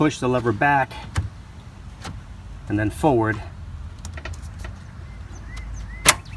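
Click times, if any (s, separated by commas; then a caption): 6.1 s. Someone talks while a fuse block is reinstalled in the under-hood fuse box of a 2014-2017 GM truck during a towing mirror jumper harness install (GM part 23387133), using its two-stage lever pushed back and then swung forward. A few light clicks and taps follow, then a sharp, loud hit at 6.1 s as the fuse block locks into place.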